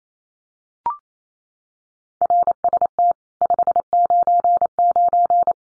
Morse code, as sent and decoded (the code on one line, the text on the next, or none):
.-. ... - / ..... ----. ----.
RST 599